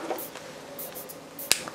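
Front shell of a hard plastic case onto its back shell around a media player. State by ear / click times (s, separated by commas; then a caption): seated / 1.5 s, 1.7 s. The front half of a hard plastic Otterbox Defender inner shell is pressed onto the back half around an iPod Nano. A sharp snap is heard at 1.5 s and a softer one at 1.7 s over faint background hiss. The case shell snaps together and is seated.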